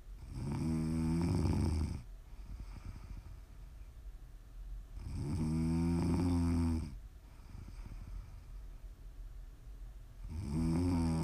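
Three loud, low-pitched rattling ASMR snores from an adult on inhalation, about 12 per minute, separated by quiet breathing-out pauses.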